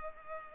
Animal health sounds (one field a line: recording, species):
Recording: mosquito wingbeat signal from an infrared sensor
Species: Culex pipiens